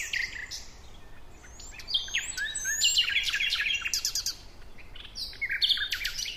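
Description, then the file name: Common nightingale song: thin upslurred whistles followed by chattering, buzzy trills and rattles, the phrases loud and varied. "Luscinia megarhynchos"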